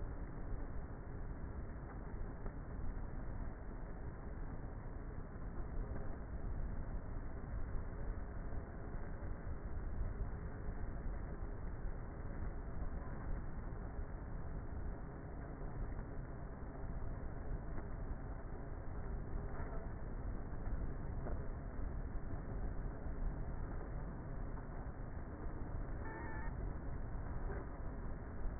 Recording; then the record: honeybee colony, microphone inside the hive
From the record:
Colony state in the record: queenless with a low population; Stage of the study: before two queens were removed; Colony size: about 30,000 bees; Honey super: no